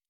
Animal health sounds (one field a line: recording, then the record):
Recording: hydrophone in a shrimp aquaculture tank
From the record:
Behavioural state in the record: normal